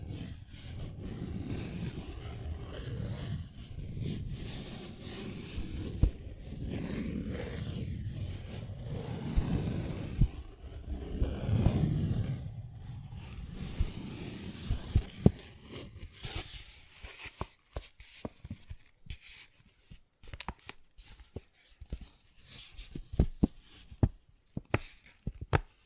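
Paper bag scratched and rubbed in a dense, low rustle for fifteen seconds, then sparse sharp taps and crinkles with brief silences between.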